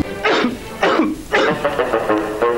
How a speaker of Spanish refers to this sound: Evita la tos con pastillas Penetro. Penetro alivia pronto porque penetra.